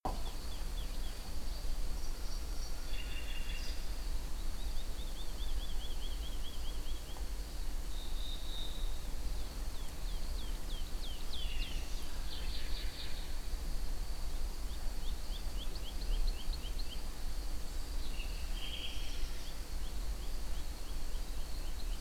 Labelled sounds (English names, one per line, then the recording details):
Wood Lark
Common Nightingale
unidentified sound
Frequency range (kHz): Wood Lark 2.6-5.2 kHz
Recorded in France